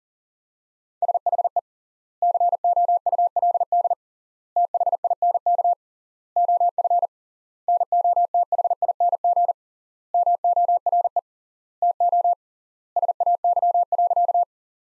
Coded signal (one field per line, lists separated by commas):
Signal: Morse code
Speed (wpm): 40 wpm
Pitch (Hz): 700 Hz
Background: none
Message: SHE COULD THINK OF NOTHING MORE TO SAY.